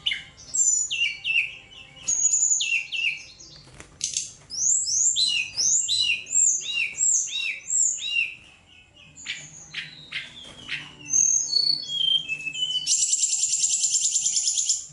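Bird song of rapid sweeping whistles and chirps, a quieter stretch of thin notes, then a loud sustained buzzy trill to finish.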